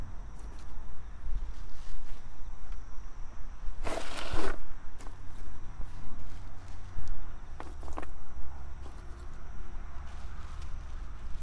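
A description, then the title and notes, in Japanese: Garlic being planted on an autumn evening: soil is worked by hand with soft, irregular scraping and rustling throughout. A loud, bright scrape or crunch stands out around four seconds, with sharper ticks near eight seconds, over a low steady rumble and faint insect-like background. 秋の、日が暮れ始めた16時過ぎ、ニンニクの定植。穴あきマルチに棒で穴を開け、1片ずつニンニクを入れたあと、土をかけていく。秋の夕方 ニンニクの定植。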